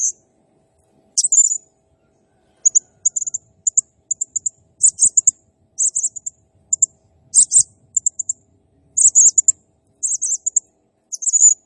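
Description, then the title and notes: Blue-crowned hanging parrot song: very high, thin squeaky chirps in short bursts and clusters, coming every half second to second throughout, with brief pauses between groups. Energetic, vigorous singing used as a masteran (training sound) and lure for other birds. "Burung Serindit Nembak Gacor. Suara Nasteran Dan Pemikat Burung Serinditan Gacor"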